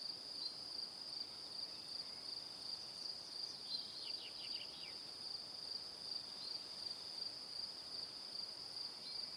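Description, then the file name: Crickets chirping in a steady high-pitched chorus, with a short run of descending clicky notes near the four-second mark. Evening. "Calm - Evening Crickets"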